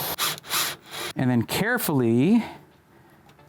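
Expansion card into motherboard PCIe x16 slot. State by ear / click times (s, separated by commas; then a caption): seated / 0.4 s. An expansion card, likely a capture card, is lined up with the open slots and pressed firmly into the x16 PCIe slot on the motherboard of a Skytech Gaming Mark 40 gaming PC (13900K, RTX 4090). A single sharp click is heard at 0.4 s as the slot latch catches, and the card is seated. Someone talks throughout.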